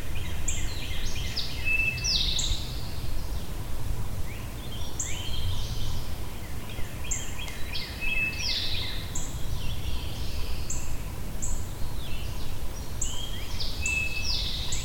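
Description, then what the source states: Birds in a dense chorus of high chirps and whistles in repeated clusters, with thin sustained tones at intervals and low background noise. Birds recorded at Shawnee.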